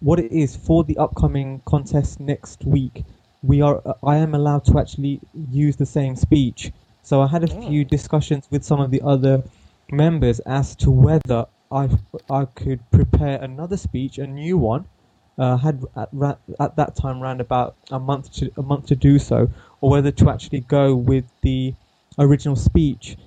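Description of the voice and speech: Mostly fluent adult man's speech with brief sound prolongations and repeats ('I… I', 'a month to, a month to'): mild covert stuttering, present for about 19 to 20 years since around age 10, hidden over the years with learned tricks.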